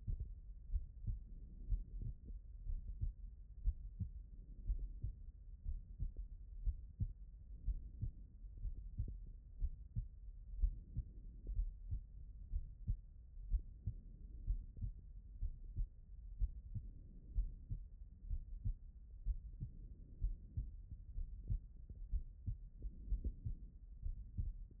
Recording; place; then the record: heart sounds by stethoscope; pulmonary valve (PV)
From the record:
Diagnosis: non-HFrEF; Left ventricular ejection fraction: 64%